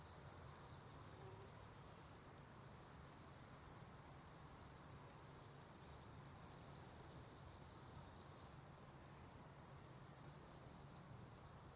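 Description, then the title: Crickets trilling in long high bursts that swell and cut off abruptly about every four seconds, with faint low rumble in the background. Crickets at a small spot beside a hiking path with wild natural meadows at Lake Wolfgangsee, Strobl, Austria; some traffic audible; recorded with SD702t and MKH8040. "Strobl, Österreich - Grillen am Wolfgangsee"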